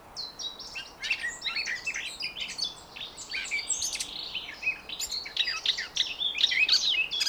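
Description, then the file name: Eurasian blackcap song: steady, rapid chattering warble with scattered whistles, fairly quiet throughout. "Sylvia atricapilla"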